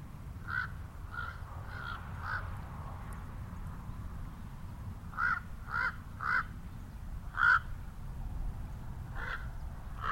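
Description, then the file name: Common raven croaking, a series of short harsh calls spaced irregularly, over a steady low rumble of traffic. Ravens at Elizabeth Lake, with cars. "Elizabeth Lake 1 Ravens And Cars"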